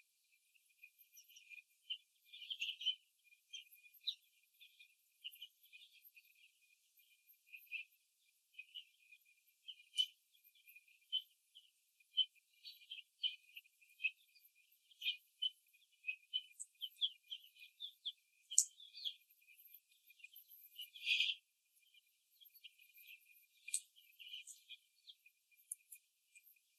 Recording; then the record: young laying hens in a cage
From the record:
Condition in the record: before the stressor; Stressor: simulated dog barking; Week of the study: 2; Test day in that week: 3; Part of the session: 2